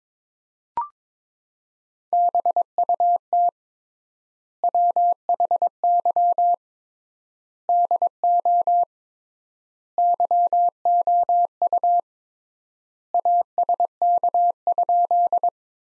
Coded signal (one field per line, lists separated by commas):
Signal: Morse code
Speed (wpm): 22 wpm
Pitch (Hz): 700 Hz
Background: none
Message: BUT WHY DO YOU ASK?